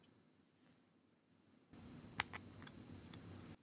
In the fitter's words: it snapped down and I'll hold in place alright